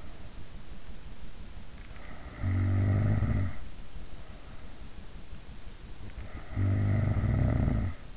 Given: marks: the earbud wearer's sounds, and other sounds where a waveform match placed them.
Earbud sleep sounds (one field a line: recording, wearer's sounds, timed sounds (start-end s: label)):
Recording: sounds in sleep by an in-ear microphone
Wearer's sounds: snoring breath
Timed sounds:
1.77-3.71 s: snoring breath
6.11-8.17 s: snoring breath